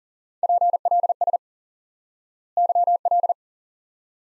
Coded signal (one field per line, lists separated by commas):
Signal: Morse code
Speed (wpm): 40 wpm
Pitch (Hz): 700 Hz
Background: none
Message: PLS YL